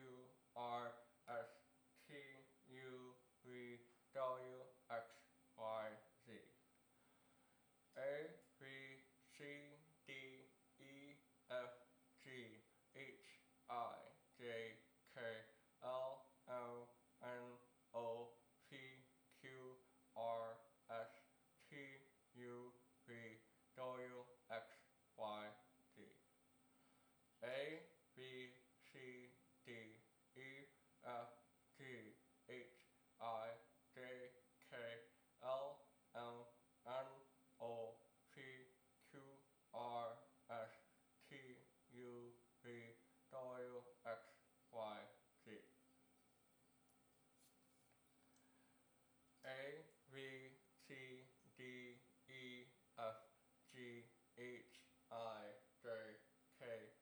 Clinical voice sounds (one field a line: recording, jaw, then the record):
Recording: letters of the alphabet, spoken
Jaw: constrained by a bite bar between the teeth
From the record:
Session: first day, right after the free take